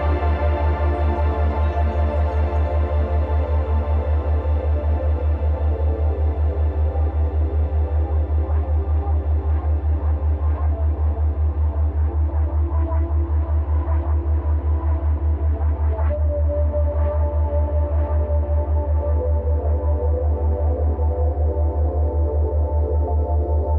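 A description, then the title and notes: A dense, unchanging ambience built on a heavy, constant low hum, with many steady tones stacked above it and a faint rapid pulsing throughout. Around sixteen seconds one of the middle tones shifts pitch, and the upper layers slowly thin out toward the end. Full-spectrum binaural ambience.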